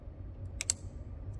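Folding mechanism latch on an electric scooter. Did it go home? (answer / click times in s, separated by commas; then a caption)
yes / 0.6 s, 0.7 s. The folding mechanism latch on a KuKirin M3 electric scooter is closed and clicks shut twice, with two sharp clicks at 0.6 s and 0.7 s over a low background rumble. The latch seats and feels properly locked.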